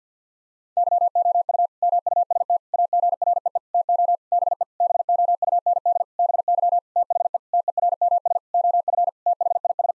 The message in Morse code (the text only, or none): YOU MUST AGREE TO BE BOUND BY THE TERMS OF THIS